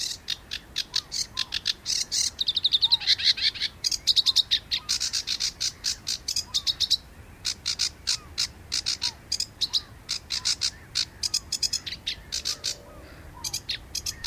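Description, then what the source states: Sedge warbler singing a long, varied run of harsh chattering notes and rapid buzzy trills, with a brief pause partway through. Spring; sedge warblers just arrived; sings from brambles; song grating and erratic.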